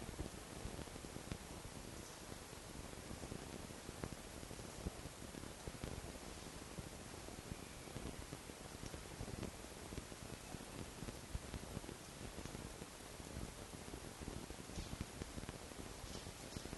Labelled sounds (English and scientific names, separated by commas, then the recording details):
Red Fox (Vulpes vulpes)
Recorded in captivity
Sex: group
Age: diverse
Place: Zoologisches Institut der HUB, Berlin, DE
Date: 1955-04-22 12:45
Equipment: Elmetra
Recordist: Tembrock, Günter
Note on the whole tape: Jupp (zu Zenzi ins Mittelzimmer gelassen): Jupp LMf(o) vor dem Mikrofon beim Anblick eines Welpen; Zenzi trägt Welpen fort: Quärren